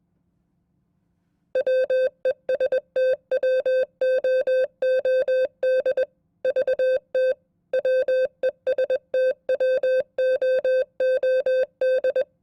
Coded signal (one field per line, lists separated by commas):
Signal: Morse code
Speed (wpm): 21 wpm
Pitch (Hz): 520 Hz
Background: none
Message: WESTWOOD VT WESTWOOD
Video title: Morse Code Test #1 @20 WPM